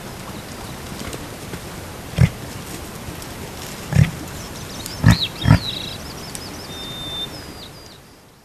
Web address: reindeer